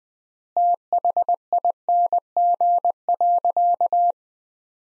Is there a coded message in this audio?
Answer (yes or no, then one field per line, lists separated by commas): yes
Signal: Morse code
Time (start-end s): 0.6-4.1 s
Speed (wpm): 20 wpm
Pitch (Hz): 700 Hz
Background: none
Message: THING.